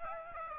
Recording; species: mosquito wingbeat signal from an infrared sensor; Aedes aegypti